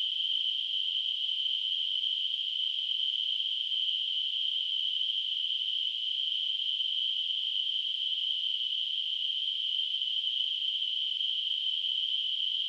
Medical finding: Tinnitus.